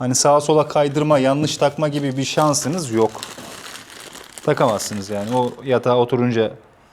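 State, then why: Not seated. Someone talks while handling the combined display and throttle unit of a Dualtron Aminia Special Long Body scooter at its moulded cradle on the handlebar, with brief handling noises around 3.9 s and 4.3 s. The clip ends before the unit is pressed home, and nothing has seated or clicked yet.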